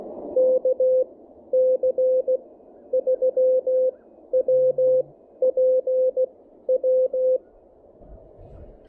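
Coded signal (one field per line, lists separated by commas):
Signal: Morse code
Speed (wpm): 16 wpm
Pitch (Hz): 500 Hz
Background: none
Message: KC3WPW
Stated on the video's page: Morse from a QRP field activation with an Elecraft KH1 and a kit-built no-transformer random wire antenna.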